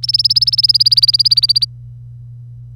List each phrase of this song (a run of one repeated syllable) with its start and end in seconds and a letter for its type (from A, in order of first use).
0.03-1.65 A